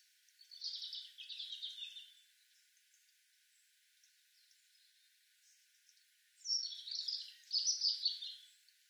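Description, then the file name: European robin delivering a warbling high phrase, then a long quiet pause before a longer phrase of high, quick slurred notes. "Erithacus rubecula"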